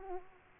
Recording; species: mosquito wingbeat signal from an infrared sensor; Aedes aegypti